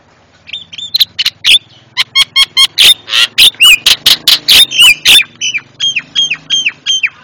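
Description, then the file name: Javan myna song: loud sharp clicks and harsh chatter mixed with whistles, ending in a repeated series of short whistled notes over a faint hum. Masteran for training cage birds; white-eyed form (mata putih). "masteran jalak kebo mata putih"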